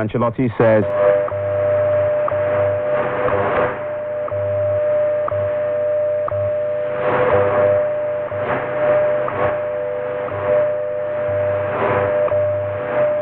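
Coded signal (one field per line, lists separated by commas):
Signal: radio time signal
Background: speech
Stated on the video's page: Shortwave time signal heard on 10,000 and 15,000 kHz from a South African coast, weak reception during a minor geomagnetic storm.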